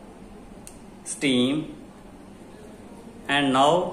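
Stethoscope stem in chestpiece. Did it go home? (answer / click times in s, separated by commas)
yes / 0.7 s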